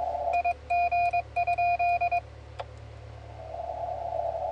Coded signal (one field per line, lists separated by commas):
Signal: Morse code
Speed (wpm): 22 wpm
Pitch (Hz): 2450 Hz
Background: radio noise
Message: IG?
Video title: FK8DD/m QSO with KC2IGE on 20m 13/08/2015